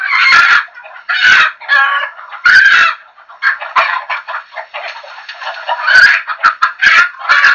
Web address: Chicken -Chickens